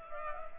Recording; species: mosquito wingbeat signal from an infrared sensor; Culex pipiens